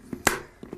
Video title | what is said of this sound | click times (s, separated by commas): How To Change A Nolan N20 Visor | and then the back will pop into place slider up | 0.3 s